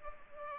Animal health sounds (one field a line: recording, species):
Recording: mosquito wingbeat signal from an infrared sensor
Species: Culex pipiens